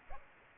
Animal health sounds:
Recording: mosquito wingbeat signal from an infrared sensor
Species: Aedes aegypti

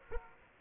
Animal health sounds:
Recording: mosquito wingbeat signal from an infrared sensor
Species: Aedes aegypti

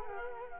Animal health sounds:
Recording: mosquito wingbeat signal from an infrared sensor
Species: Culex quinquefasciatus

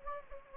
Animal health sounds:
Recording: mosquito wingbeat signal from an infrared sensor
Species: Anopheles gambiae

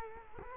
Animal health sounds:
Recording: mosquito wingbeat signal from an infrared sensor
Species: Culex quinquefasciatus

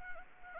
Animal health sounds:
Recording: mosquito wingbeat signal from an infrared sensor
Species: Anopheles arabiensis

